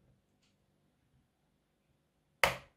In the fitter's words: you hear that and then you know that the screw law is really in and then you can just close